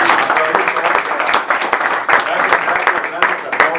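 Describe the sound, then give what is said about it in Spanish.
Sustained audience applause, a dense crackle of many hands clapping steadily and loudly for several seconds, with a faint murmur of voices mixed in. “Muy bien, pues yo le pediría que le aplaudiéramos.”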